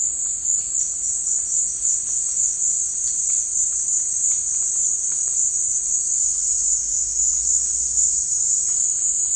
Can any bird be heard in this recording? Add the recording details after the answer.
no. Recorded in dense forest near Puerto Asís, Putumayo, Colombia, on 21 March 2025 at 15:00. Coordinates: 0.485, -76.318. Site G056